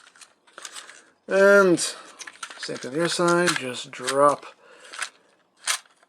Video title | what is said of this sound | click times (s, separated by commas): TFC Toys S.T. COMMANDER (Rolling Thunder Optimus Prime) | Just in there like so, and you just give it a little press up top, and that will lock into place. | 0.6 s, 0.7 s